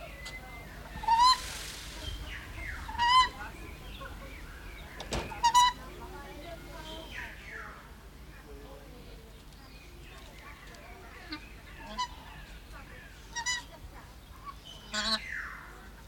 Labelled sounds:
White-winged Duck call
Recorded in captivity
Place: Zoo Berlin, Berlin, DE
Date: 1995-04-01 12:14
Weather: bedeckt - heiter, 6 - 8°C, böiger Wind
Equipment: Marantz CP 430, Sennheiser ME 80, Kopie Uher Variocord 263
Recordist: Tembrock, Günter
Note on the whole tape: Diverse Lautformen. Entfernung: 2 m

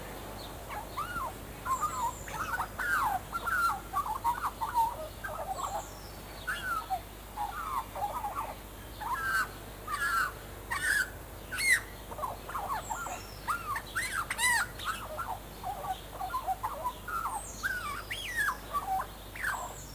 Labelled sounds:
Australian Magpie song
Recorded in captivity
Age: adult
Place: Zoo Berlin, Berlin, DE
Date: 2004-05-24 13:50
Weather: overcast, 13°C
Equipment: Sony WM-D6C, Sennheiser ME 80, Kopie Uher 4000 Report Monitor
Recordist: Tembrock, Günter
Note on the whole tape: Weißrücken-Flötenvogel (G.t.hypoleuca)

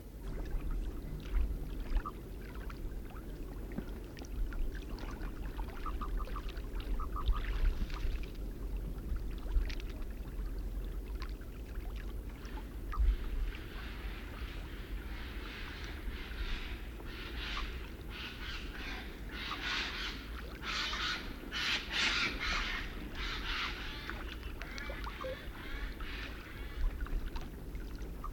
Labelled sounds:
Common Merganser call
Whooper Swan
Eurasian Jay
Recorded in the wild
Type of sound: call
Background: Cygnus cygnus, Garrulus glandarius
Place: Ralswiek, Insel Rügen, Mecklenburg-Vorpommern, DE
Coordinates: 54.472, 13.441
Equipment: Nagra III BH, Sennheiser MD 21, parabola
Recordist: Schubert, Michael
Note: Gänsesäger, ganz leise rufende Singschw., Tauchgeräusche, lärmende Eichelhäher

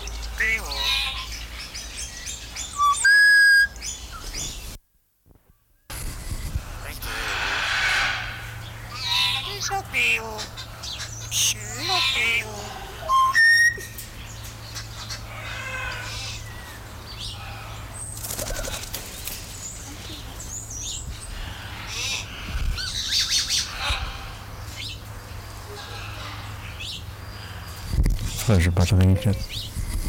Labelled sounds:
Common Hill Myna
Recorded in captivity
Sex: diverse
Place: Zoo Halle, Sachsen-Anhalt, DE
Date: 1996-03-08 16:30
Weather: sonnig, 3°C
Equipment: Sony WM-D6C, Sennheiser ME 80, Kopie Uher 4000 Report Monitor
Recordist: Tembrock, Günter

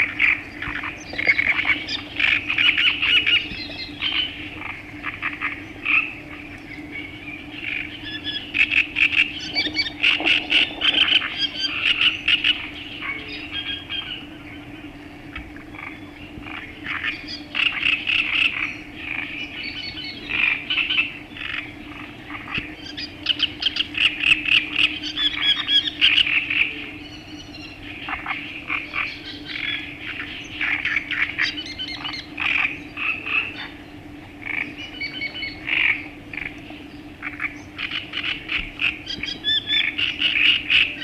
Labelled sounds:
Great Reed Warbler song
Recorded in the wild
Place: Winden, AT
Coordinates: 47.9539, 16.7697
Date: 1972-05-02
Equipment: Uher Report 4200, AKG D190C in Doppel-Parabolreflektor
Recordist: Krey, Winfried

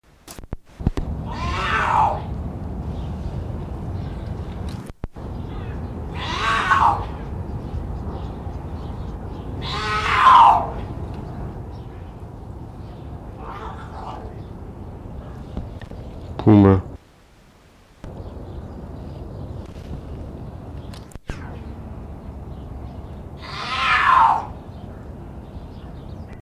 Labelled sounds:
Puma call
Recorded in captivity
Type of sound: call
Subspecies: couguar
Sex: female
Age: adult
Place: Tierpark Berlin, Berlin, DE
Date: 1974-12-24
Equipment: Uher 4200 Report Stereo, Sennheiser MD 421, Verstärker
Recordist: Tembrock, Günter
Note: Bei Tembrock: Puma concolor oregonensis. Rufe. Abstand: 5 m. Aufnahmezeit: 9.00-13.00 Uhr

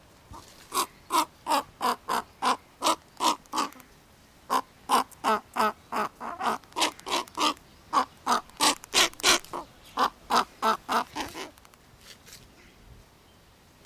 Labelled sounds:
Whistling Heron call
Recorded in captivity
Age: adult
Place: Zoo Berlin, Berlin, DE
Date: 1997-10-25 10:06
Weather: wolkig, 3°C
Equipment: Nagra SN, Kopie Uher 4000 Report Monitor
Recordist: Tembrock, Günter

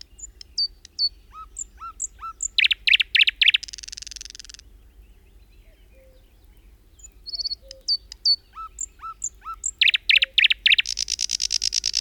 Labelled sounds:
Thrush Nightingale song
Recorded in the wild
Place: Schaabe, Insel Rügen, Mecklenburg-Vorpommern, DE
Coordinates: 54.57, 13.45
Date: 1969-05-22
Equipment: Nagra III BH, Sennheiser MD 21, parabola
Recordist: Schubert, Michael

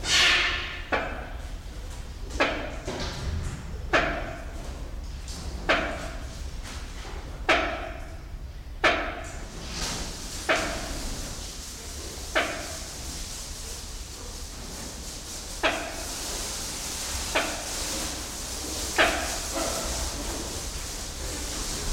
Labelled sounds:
Wrinkled Hornbill call
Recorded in captivity
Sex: pair
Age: adult
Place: Zoo Berlin, Berlin, DE
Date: 1993-01-16 11:46
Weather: 10-14°C, sonnig
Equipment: Marantz CP 430, Sennheiser ME 80, Kopie Uher Variocord 263
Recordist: Tembrock, Günter

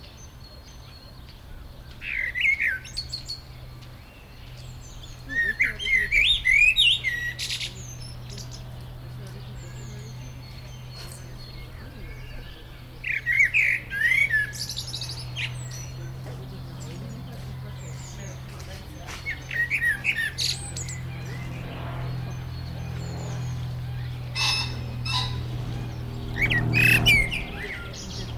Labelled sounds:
Common Blackbird song
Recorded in the wild
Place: Tierpark Berlin, Berlin, DE
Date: 1996-05-01 13:23
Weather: heiter, 17°C
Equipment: Sony MD-WM MZ-R3, Sennheiser MKH 416 T, Kopie Uher 4000 Report Monitor
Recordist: Tembrock, Günter

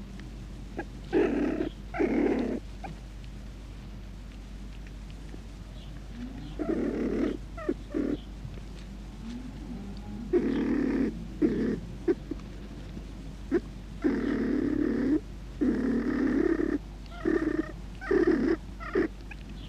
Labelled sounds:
Beech Marten call
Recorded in captivity
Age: juvenile
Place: Klein-Neundorf, Lausitz, Sachsen, DE
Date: 1962-05-21
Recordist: Meyer, Hugo
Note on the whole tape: 2 junge Steinmarder

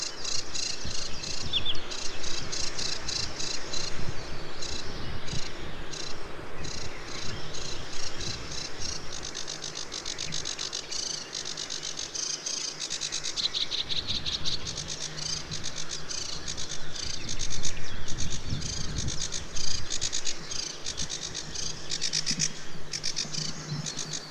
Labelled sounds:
Sedge Warbler song
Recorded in the wild
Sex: male
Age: adult
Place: Teerofenbrücke, Nationalpark Unteres Odertal, Brandenburg, DE
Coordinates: 53.1336, 14.3503
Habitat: riverine vegetation
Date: 2001-05-05
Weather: overcast, ca. 10°C, light winds
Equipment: Sony TCD-D7, Telinga Pro 5
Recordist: Frommolt, Karl-Heinz

